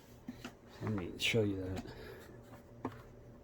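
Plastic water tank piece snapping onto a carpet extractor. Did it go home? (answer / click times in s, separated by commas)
yes / 2.9 s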